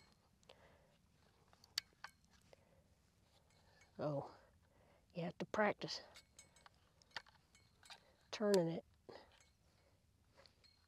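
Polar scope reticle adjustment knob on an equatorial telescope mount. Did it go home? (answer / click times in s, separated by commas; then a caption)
no / none. Someone talks while turning the small reticle adjustment knob on the polar scope of a GEM28 equatorial telescope mount, working it toward its zero position, where the two screws line up so the reticle stands straight up and down. Faint handling ticks and light clinks come through between the speech, with the sharpest at about 1.8 s. Nothing has clicked or seated into the zero position yet.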